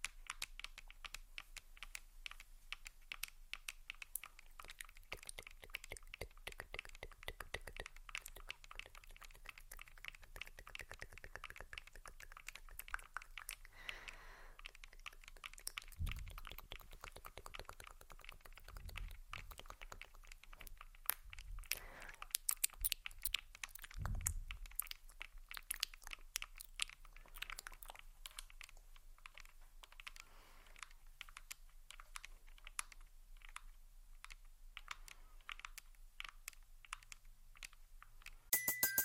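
Dense, fast fingertip tapping on a small recorder clicks steadily for the whole stretch, with a few soft low thumps.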